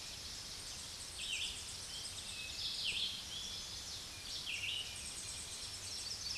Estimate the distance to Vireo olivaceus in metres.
about 35 m